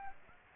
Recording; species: mosquito wingbeat signal from an infrared sensor; Aedes aegypti